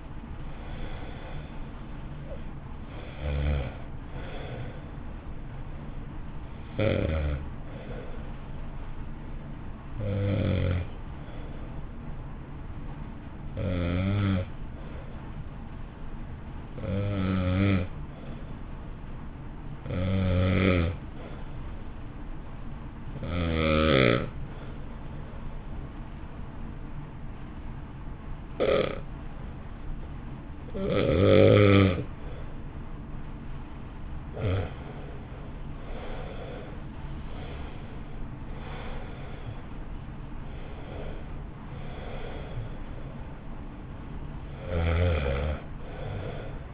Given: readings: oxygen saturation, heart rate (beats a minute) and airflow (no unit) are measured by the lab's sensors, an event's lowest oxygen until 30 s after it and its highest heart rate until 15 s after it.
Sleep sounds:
breathing in sleep by a smartphone at the bedside; 1
13.00-34.40 s: hypopnea (N1, oxygen 95% highest, then 86% lowest, heart rate 51 at the start, 64 highest)
From the record:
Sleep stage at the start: N1 (lightest sleep); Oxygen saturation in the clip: 84 to 95%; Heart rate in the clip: 51 to 71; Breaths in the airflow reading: 12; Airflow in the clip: -2.0 to 1.6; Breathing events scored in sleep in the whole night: 328 in 6.3 hours asleep

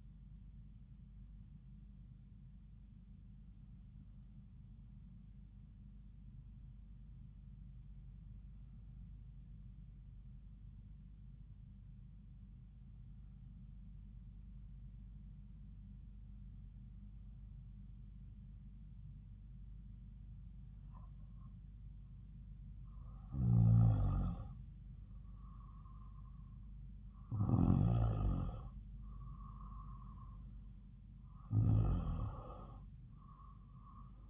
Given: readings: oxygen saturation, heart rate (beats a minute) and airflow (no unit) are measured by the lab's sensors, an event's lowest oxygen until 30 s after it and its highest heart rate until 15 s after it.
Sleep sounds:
breathing in sleep by a smartphone at the bedside; 1
4.00-34.30 s: new sleep stage, N1 (lightest sleep)
8.00-26.80 s: hypopnea (N1, oxygen 96% highest, then 92% lowest, heart rate 56 at the start, 59 highest)
From the record:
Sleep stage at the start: N2 (light sleep); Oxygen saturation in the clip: 93 to 96%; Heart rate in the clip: 55 to 59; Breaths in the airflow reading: 8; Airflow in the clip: -4.7 to 6.1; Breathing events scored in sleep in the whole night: 270 in 6.1 hours asleep

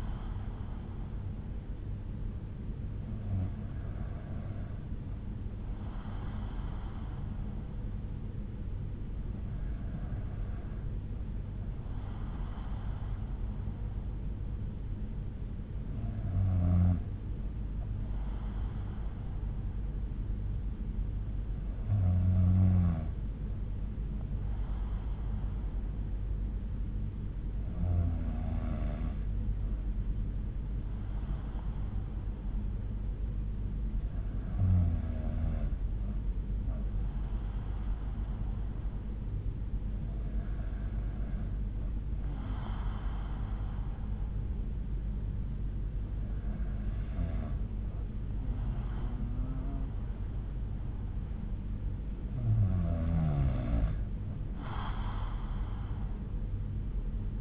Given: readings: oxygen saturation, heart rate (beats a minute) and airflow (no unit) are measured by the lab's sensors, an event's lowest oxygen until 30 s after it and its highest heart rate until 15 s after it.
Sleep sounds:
breathing in sleep by a smartphone at the bedside; none
none scored
From the record:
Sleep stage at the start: N2 (light sleep); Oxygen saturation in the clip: 92 to 93%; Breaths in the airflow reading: 9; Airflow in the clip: -5.4 to 4.4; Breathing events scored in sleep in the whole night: 368 in 8.0 hours asleep

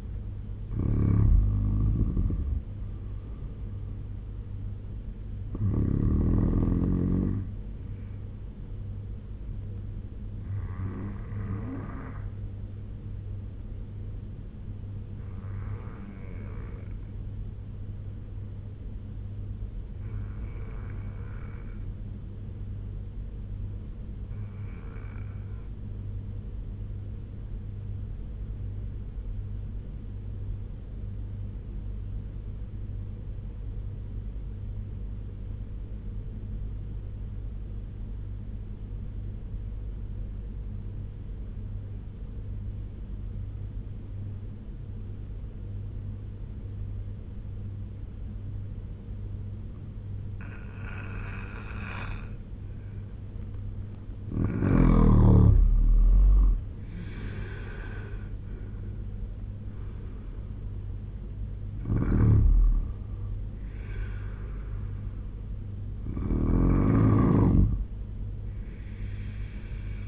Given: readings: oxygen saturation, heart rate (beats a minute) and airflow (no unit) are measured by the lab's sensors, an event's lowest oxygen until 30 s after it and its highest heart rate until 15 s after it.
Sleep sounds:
breathing in sleep by a smartphone at the bedside; 1
20.00-53.20 s: obstructive apnea (N2, oxygen 94% highest, then 81% lowest, heart rate 68 at the start, 85 highest)
23.00-53.00 s: new sleep stage, N3 (deep sleep)
53.00-70.08 s: new sleep stage, N2 (light sleep)
From the record:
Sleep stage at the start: N2 (light sleep); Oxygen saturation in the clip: 82 to 94%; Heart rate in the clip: 65 to 85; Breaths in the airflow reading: 7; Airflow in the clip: -12.5 to 10.7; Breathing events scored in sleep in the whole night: 201 in 6.5 hours asleep

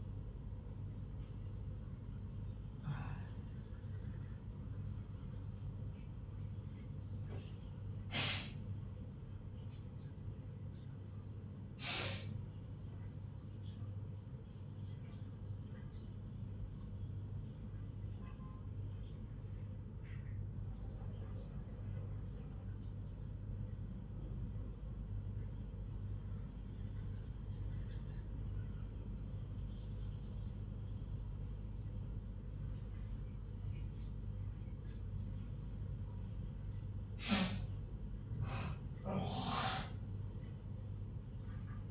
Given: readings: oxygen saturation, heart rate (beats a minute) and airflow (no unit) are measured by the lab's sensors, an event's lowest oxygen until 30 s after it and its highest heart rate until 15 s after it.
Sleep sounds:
a person awake in a sleep study, by a smartphone at the bedside; none
none scored
From the record:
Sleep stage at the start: awake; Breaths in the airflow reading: 16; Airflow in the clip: -0.7 to 0.7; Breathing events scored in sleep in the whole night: 158 in 7.3 hours asleep

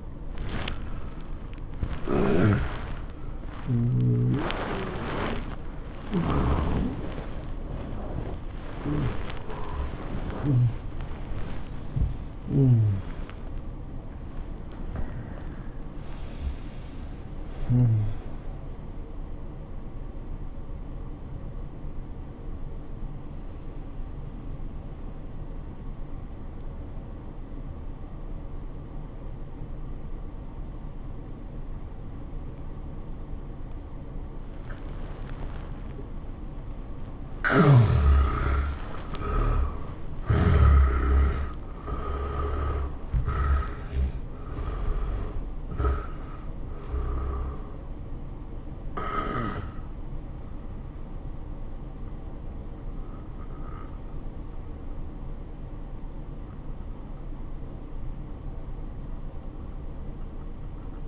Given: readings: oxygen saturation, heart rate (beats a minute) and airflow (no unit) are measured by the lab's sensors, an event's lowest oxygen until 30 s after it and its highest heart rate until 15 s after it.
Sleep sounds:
breathing in sleep by a smartphone at the bedside; 1
0.00-21.00 s: awake
20.00-61.08 s: new sleep stage, N1 (lightest sleep)
21.00-41.20 s: hypopnea (N1, oxygen 96% highest, then 77% lowest, heart rate 108 at the start, 108 highest)
From the record:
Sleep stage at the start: awake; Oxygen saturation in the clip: 71 to 97%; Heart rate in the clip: 84 to 110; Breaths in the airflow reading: 10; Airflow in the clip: -15.2 to 13.9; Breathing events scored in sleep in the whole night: 403 in 5.5 hours asleep

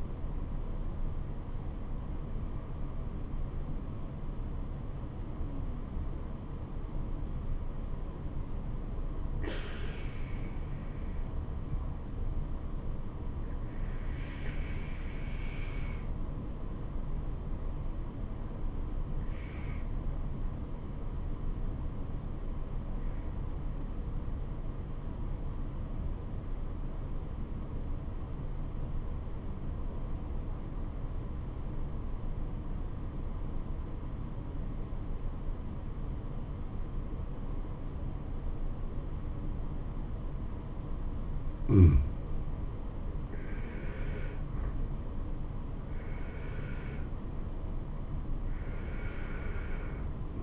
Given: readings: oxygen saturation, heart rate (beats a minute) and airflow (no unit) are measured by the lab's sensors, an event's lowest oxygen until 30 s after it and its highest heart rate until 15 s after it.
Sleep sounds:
breathing in sleep by a smartphone at the bedside; 1
18.00-44.20 s: obstructive apnea (N1, oxygen 97% highest, then 87% lowest, heart rate 69 at the start, 77 highest)
47.00-50.43 s: new sleep stage, N2 (light sleep)
From the record:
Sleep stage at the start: N1 (lightest sleep); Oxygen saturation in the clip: 89 to 97%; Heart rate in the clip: 63 to 78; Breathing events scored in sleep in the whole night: 426 in 7.4 hours asleep

